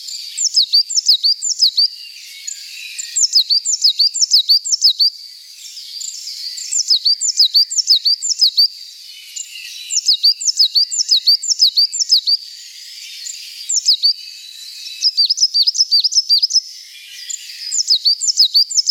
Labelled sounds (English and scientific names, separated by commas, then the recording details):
Coal Tit (Periparus ater) song
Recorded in the wild
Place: St. Peter, Hochschwarzwald / Potsdamer Platz, Baden-Württemberg, DE
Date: 1991-06-09
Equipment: Dat-Recorder Casio DA 7, Telinga M2, stereo, Telinga-Parabolspiegel
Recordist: Schwarz, Dieter
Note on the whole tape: Song